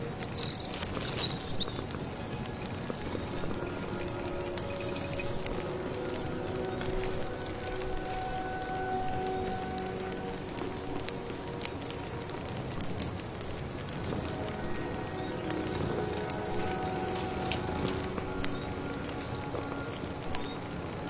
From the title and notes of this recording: Come to the mysterious late autumn forest, stir your magic amulet soup, accompanied by birdsong, firewood, rustling rain.